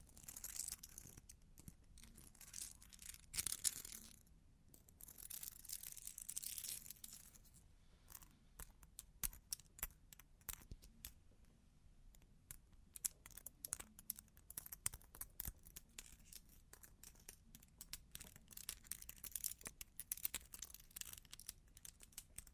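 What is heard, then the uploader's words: Long claws tap and scratch in quick, irregular clicks that run through the whole clip. Some stretches thicken into bright scratchy bursts, notably around one, three and six seconds. A low, steady rumble sits beneath the sharp ticks. Long Claws Tapping and Scratching (No Talking).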